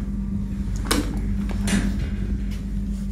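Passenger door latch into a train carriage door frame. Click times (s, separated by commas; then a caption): 0.9 s. A passenger door on a moving train carriage is pulled shut until its latch catches in the door frame, then locked. A sharp latch click sounds at 0.9 s over a steady low rumble, followed by a second broadband clatter around 1.7 s, and the door is shut and latched.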